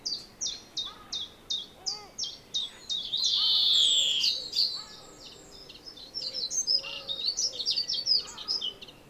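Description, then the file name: European greenfinch giving regular high chirps, then a drawn-out buzzy wheeze around four seconds, followed by quicker, busier twittering notes. "Chloris chloris"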